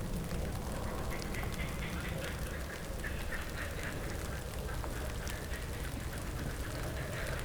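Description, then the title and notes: A frog chorus of quick repeated croaks, many callers overlapping, with a constant deep rumbling drone underneath. Frogs woken by a passing helicopter, Chindrieux, France. "RRCH+PF Chindrieux, France - grenouilles. Le passage d'un hélicoptère réveille les grenouilles"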